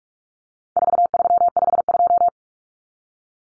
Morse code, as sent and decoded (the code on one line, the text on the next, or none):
....- ...-- ..... ..---
4352